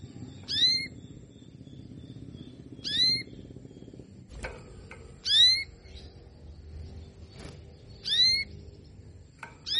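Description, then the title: Canary uttering several clear, descending call notes spaced about two to three seconds apart, with a few sharp clicks and low rumbling noise in the background. Female Belgian canary sound, played to stimulate lazy males into singing and to warm up young canaries. "Canto Para Esquentar Canário Belga. SUARA KENARI BETINA AMPUH memancing jantan malas bunyi kenari paud jadi gacor"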